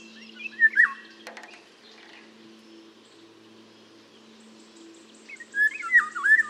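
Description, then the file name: Eurasian golden oriole singing rich, mellow whistled phrases that swoop up and down, heard twice with a quiet gap between, over a faint continuous low hum. "Mathias Ritschard - Obyknovennaya ivolga Oriolus oriolus"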